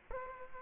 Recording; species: mosquito wingbeat signal from an infrared sensor; Culex quinquefasciatus